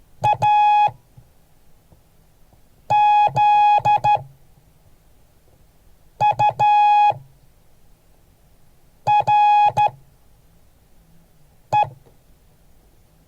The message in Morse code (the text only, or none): AZURE